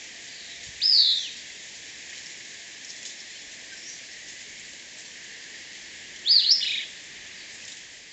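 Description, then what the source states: Caribbean elaenia uttering two harsh, slurred rising-then-falling calls about five seconds apart over a steady hiss of background noise. Recorded at Gros Islet, St Lucia, on 10 June 2018.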